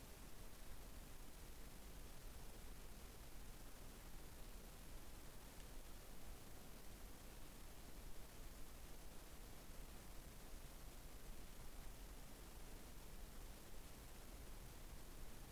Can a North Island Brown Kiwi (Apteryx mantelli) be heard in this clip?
no